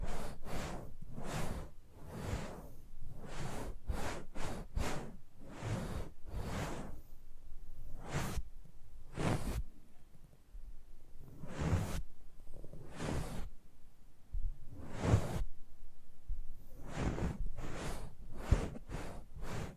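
ASMR close-up mic treatment: a string of soft swishing, brushing strokes against the microphone, coming about once or twice a second in an uneven rhythm. Each stroke is a short airy burst with a muffled low thump underneath, and a brief quieter pause falls around the middle.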